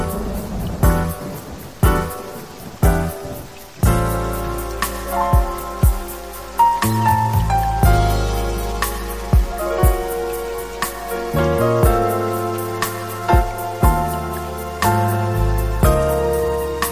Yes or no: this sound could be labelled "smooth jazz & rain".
yes